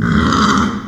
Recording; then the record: squeal of a Yucatan mini pig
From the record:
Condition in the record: after surgery on the right vocal fold (resection and tissue-engineered implant); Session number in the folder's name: 12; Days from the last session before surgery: 105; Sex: female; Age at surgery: 19 weeks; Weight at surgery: 25 kg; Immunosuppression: prednisolone